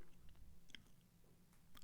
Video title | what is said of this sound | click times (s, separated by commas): A Top Quality Diver - Monta Oceanking Beats Oris And TAG Heuer | Nice pop, and it gives a click, which is really nice. | 0.7 s, 0.8 s